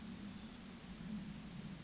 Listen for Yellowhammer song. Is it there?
no